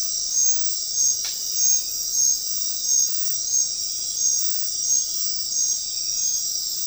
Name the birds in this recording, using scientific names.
none